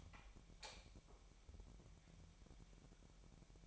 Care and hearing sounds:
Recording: daily activity, microphone in the room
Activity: light on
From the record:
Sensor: 1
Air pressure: 1012.0 hPa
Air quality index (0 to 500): 230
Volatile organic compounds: 6 ppm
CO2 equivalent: 1841 ppm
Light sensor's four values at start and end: 13/30/13/14 and 15/40/16/18

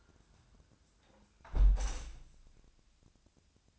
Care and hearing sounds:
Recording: daily activity, microphone in the room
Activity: close window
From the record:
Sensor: 2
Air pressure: 1000.3 hPa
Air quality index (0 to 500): 148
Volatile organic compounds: 2 ppm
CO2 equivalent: 1230 ppm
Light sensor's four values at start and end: 11/30/12/14 and 11/30/11/13

